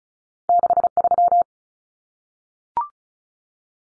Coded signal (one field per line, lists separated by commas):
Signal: Morse code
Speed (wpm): 34 wpm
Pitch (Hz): 700 Hz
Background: none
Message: 63